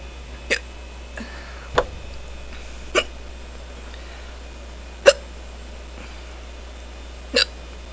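Five abrupt, sharp gulping clicks from an adult come at irregular gaps of about one to two seconds, roughly 35 to 40 a minute, with a faint steady hiss behind them. These are hiccups, brief involuntary spasms of the diaphragm with sudden closure of the throat.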